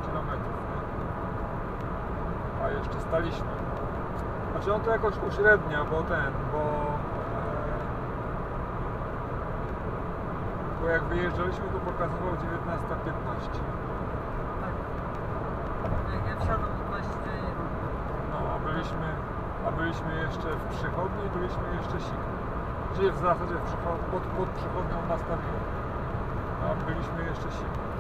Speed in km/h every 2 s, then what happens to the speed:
117, 117, 117, 117, 117, 117, 117, 118, 118, 118, 118, 118, 118, 118.
0-28 steady at about 117.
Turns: none.